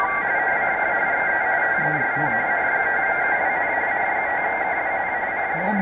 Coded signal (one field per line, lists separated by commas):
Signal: RTTY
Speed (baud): 45.45 baud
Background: speech, radio noise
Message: CQ XE TEST N5KWN N5KWN CQ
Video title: 40M Rtty Fun and other digital modes